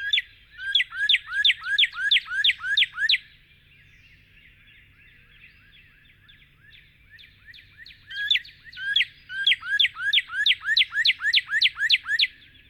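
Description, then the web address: Northern cardinal singing a quick run of ringing downslurred whistles, about three per second, followed by a quieter stretch, then another similar run of notes. "Songs of Birds of North America Know Your Bird Sounds Common Western Species. Northern Cardinal"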